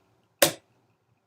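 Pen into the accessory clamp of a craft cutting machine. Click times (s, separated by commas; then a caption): 0.4 s. A marker pen is pushed down into the opened accessory clamp of a craft cutting machine, the same way the scoring stylus was fitted. A single sharp click is heard at 0.4 s as the pen seats, then it decays quickly to silence. The pen is held in place and the clamp is then closed.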